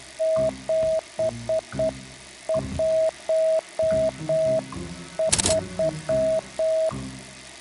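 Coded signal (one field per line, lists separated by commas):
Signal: Morse code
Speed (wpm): 8 wpm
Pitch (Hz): 640 Hz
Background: music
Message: 713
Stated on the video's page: Morse code heard in a PS4 VR game.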